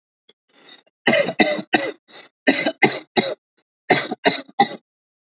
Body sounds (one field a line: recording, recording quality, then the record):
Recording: shallow voluntary cough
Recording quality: excellent, no background noise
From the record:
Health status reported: healthy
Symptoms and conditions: hypertension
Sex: male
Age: 34 years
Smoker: not ticked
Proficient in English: yes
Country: India